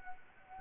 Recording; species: mosquito wingbeat signal from an infrared sensor; Anopheles arabiensis